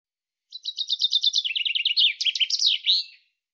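Common chaffinch song: a run of rapid chipping notes that drops in pitch, ending in a brief flourish, against a silent background.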